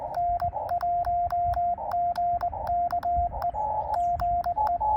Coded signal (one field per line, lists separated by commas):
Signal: Morse code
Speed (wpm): 21 wpm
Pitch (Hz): 700 Hz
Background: radio noise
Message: N1GKE GE